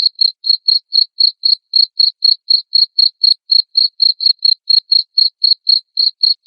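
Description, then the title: Cricket producing loud, high, evenly spaced chirps, about four a second. Loud cricket chirping (ngerik) played to make lovebirds sing continuously (ngekek). "Suara JANGKRIK NGERIK Keras Bikin LOVEBIRD Jadi NGEKEK Terus Vubey"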